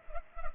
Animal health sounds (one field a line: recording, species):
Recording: mosquito wingbeat signal from an infrared sensor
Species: Culex pipiens